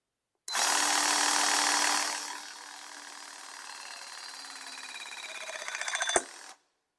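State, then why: Torque reached. A hydraulic press-fit crimping tool is triggered with its jaws on a copper press-fit fitting on a copper pipe, and its motor starts with a loud whine at 0.5 s. The whine drops to a lower, straining hum around 2.3 s, then a rising ticking builds toward the end. The crimp finishes with a sharp pop from the tool's pressure release at 6.2 s before the tool stops.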